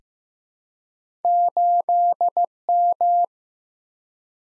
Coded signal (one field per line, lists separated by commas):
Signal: Morse code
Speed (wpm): 15 wpm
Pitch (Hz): 700 Hz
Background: none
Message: 8M